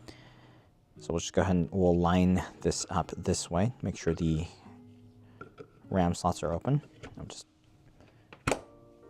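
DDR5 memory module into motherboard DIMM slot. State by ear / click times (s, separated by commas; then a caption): seated / 8.5 s. A DDR5 memory module is lined up and pressed down into a motherboard DIMM slot while someone talks. The slot latch snaps shut with a sharp click at 8.5 s, and the module is seated.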